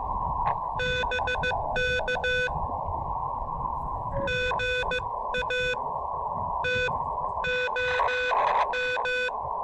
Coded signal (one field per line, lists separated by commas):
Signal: Morse code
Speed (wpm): 15 wpm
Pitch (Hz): 1500 Hz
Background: none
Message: BK GA TOM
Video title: QRP POTA: Paring the Elecraft KX2 and PackTenna Random Wire at Holmes Educational State Forest!